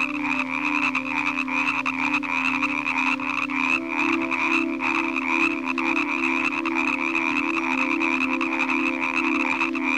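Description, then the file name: Frogs croaking in a dense, continuous chorus, a steady buzzy drone with rapid rough pulses and a bright high edge throughout. "Nature Collection - Croak Frog Calls"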